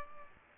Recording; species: mosquito wingbeat signal from an infrared sensor; Aedes aegypti